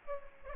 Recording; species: mosquito wingbeat signal from an infrared sensor; Aedes aegypti